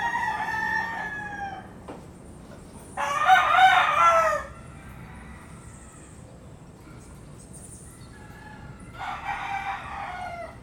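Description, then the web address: Chicken crowing: a fainter crow, then one loud harsh crow in the middle, then another crow near the end. Several roosters crowing at dawn in Puerto Rico. "puerto rico coqs aube PRico"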